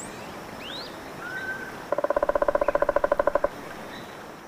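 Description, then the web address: Spot-breasted woodpecker giving a fast, even string of hollow notes lasting about one and a half seconds. A few thin whistles and a steady hiss are in the background. Calls, recorded in the eastern lowlands of South America. "Natures Songs S America Eastern Lowlands. Chrysoptilus punctigula, calls and drum"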